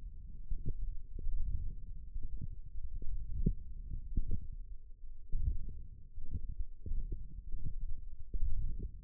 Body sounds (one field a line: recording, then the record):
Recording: forearm muscle sounds (acoustic myography)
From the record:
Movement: hook grip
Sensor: system 1, eight BSWA MPA416 microphones around the upper forearm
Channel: 3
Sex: female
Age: 21 years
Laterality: right